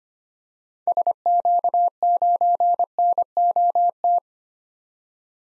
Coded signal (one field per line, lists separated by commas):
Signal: Morse code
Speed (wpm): 25 wpm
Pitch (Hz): 700 Hz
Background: none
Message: SQ9NOT